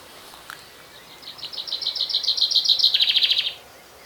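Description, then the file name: Common chaffinch song: a brief click, then a bright trill of repeated notes that speeds up and ends in a quick flourish, lasting about two seconds. "Fringilla coelebs"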